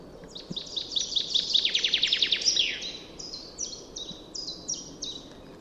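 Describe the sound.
Common chaffinch song: a rapid falling trill of bright notes with a final flourish, then a steady run of short high notes.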